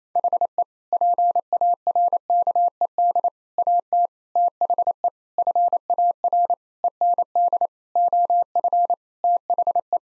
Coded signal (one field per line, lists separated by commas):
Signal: Morse code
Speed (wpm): 28 wpm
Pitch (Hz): 700 Hz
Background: none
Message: HE PARKED AT THE FAR END OF THE